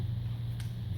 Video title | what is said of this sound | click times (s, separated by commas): Cybex Priam Stroller vs Bugaboo Cameleon 3 Stroller Review Comparison | pops right in | 0.6 s